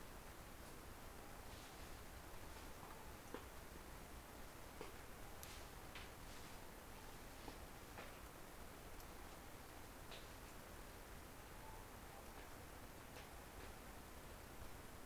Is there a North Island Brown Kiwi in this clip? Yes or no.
no